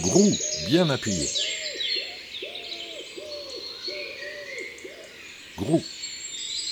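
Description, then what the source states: Common wood pigeon song: low, rising-and-falling coos, loudest at the start and again near the end, with a series of softer hoots between and other birds chirping behind. In woods in April, with wood pigeons excited; song described as a simple 'grou' repeated three or four times, ending with a stressed 'grou'.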